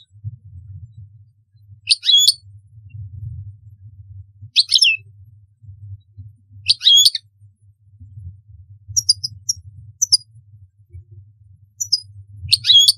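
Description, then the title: European goldfinch giving brief, high, tinkling twitters at intervals, with a few fainter chirps between, over a continuous low hum. "Chant Chardonneret"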